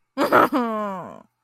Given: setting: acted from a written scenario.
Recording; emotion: vocal sound without words; sadness